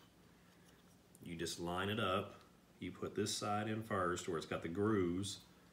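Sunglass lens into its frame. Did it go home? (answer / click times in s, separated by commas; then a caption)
no / none. A replacement lens for Oakley Flak Jacket 2 sunglasses is lined up by hand, grooved side first, to go into the plastic frame while someone talks throughout. Only faint handling sounds come through under the voice in what sounds like a small room. Nothing has seated or clicked yet.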